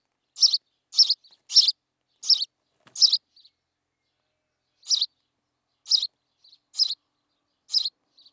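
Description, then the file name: House sparrow giving loud, harsh chirps in short bursts, about one every half second, then a pause before more spaced chirps, with faint softer notes between. "Passer domesticus"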